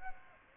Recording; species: mosquito wingbeat signal from an infrared sensor; Aedes aegypti